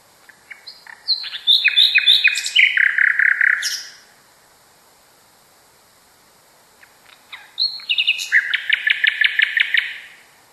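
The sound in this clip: Nightingale song: varied chirps drop into a low rapid rattle, long silence, then another phrase ending in a fast even run of repeated notes.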